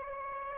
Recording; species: mosquito wingbeat signal from an infrared sensor; Aedes aegypti